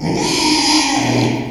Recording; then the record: squeal of a Yucatan mini pig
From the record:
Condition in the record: after surgery on the right vocal fold (resection and tissue-engineered implant); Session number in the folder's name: 2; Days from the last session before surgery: 13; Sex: male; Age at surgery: 12 weeks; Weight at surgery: 13 kg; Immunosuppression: cyclosporine, prednisolone